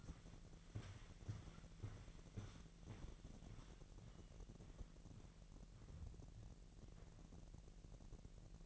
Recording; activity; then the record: daily activity, microphone in the room; walk to room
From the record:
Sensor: 4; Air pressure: 1013.1 hPa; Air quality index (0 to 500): 246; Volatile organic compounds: 4 ppm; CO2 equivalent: 1635 ppm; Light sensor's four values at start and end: 36/87/36/35 and 37/89/36/36